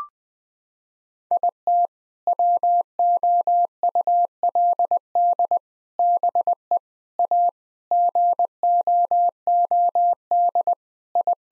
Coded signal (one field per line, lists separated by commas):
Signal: Morse code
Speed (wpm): 20 wpm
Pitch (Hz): 700 Hz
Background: none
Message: IT WOULD BE A GOOD I